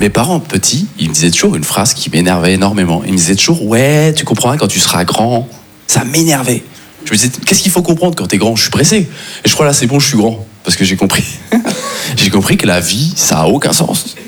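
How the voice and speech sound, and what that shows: A man speaks fluent, clear French at an easy conversational pace in a comic stand-up monologue; typical speech.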